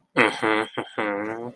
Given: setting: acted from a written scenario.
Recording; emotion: vocal sound without words; interest